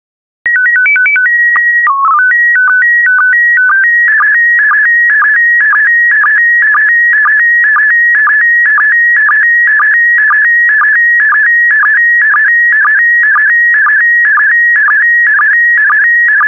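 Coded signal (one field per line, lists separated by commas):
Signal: SSTV (slow-scan television)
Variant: PD 120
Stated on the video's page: PD120-mode SSTV practice transmissions made for listeners to decode, sets of four images from a stock photo collection.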